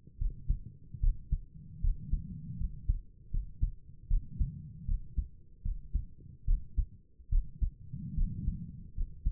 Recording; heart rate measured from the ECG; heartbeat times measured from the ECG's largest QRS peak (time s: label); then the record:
heart sounds by stethoscope; 75 bpm
0.19 s: heartbeat
1.01 s: heartbeat
1.82 s: heartbeat
2.58 s: heartbeat
3.32 s: heartbeat
4.09 s: heartbeat
4.87 s: heartbeat
5.63 s: heartbeat
6.46 s: heartbeat
7.30 s: heartbeat
8.16 s: heartbeat
8.95 s: heartbeat
From the record:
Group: healthy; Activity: rest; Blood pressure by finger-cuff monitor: 99/66 mmHg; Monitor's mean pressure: 74 mmHg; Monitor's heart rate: 74 bpm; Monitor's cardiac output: 5.6 L/min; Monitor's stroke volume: 74 mL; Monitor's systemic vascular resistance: 960 dyn s/cm5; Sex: female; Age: 22 years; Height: 163 cm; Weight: 67.1 kg